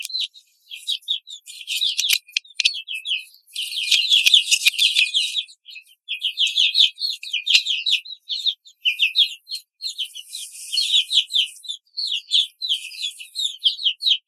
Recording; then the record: young laying hens in a cage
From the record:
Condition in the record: control cage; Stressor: none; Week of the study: 5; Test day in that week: 1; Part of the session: 1